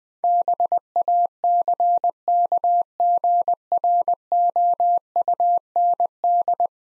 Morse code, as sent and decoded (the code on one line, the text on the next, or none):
-... .- -.-. -.- --. .-. --- ..- -. -..
BACKGROUND